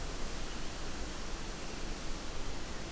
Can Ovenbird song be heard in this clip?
no